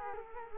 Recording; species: mosquito wingbeat signal from an infrared sensor; Culex quinquefasciatus